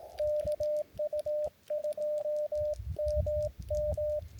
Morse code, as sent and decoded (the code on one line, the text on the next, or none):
-.- ..- ..--- -- --
KU2MM